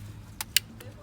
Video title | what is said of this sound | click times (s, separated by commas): Mercedes Benz C Class W204 throttle body view and clean with MAF SENSOR clean | when you hear that clicking sound, it's a good sound once again. | 0.6 s